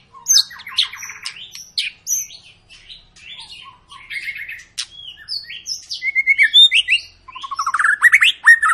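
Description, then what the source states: White-rumped shama delivering a busy mix of harsh notes and whistles, ending in a fast series of loud rising whistled notes. Long lure song of an actively singing (gacor) white-rumped shama, played to prompt other birds to sing.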